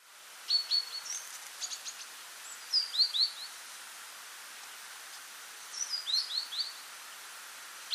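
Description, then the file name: Great tit calling in several bursts of quick, high, downward-sliding notes over a steady hiss. "Parus major"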